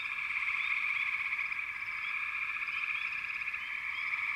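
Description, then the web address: Frogs calling together in a thick continuous chorus, a steady trilling hum with brief higher chirps scattered through it. "Echoes of Nature - American Wilds. Frog Chourus"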